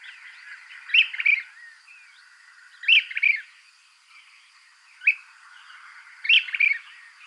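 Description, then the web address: Brown-crested flycatcher calls: several clusters of sharp, burry notes, with fainter notes between them. Recorded in Ecuador. "Birds of Ecuador. Brown-crested Flycatcher"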